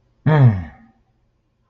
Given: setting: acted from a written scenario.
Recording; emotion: vocal sound without words; pain